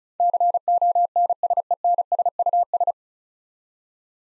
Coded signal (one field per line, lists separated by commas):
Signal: Morse code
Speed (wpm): 36 wpm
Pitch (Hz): 700 Hz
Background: none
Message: CONSENSUS